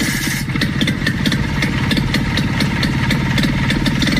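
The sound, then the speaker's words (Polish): A vintage car engine idles steadily at a special vintage car show at the Museum of Motoring and Technology in Otrębusy, near Warsaw, Poland: a low rumbling chug with a fast, even pulse and faint higher ticking on top, continuous and fairly loud with no voices. “Potem niedaleko stolicy, bo w Otrembusach, w Muzeum Motoryzacji i Techniki, odbędą się specjalne pokazy zabytkowych aut.”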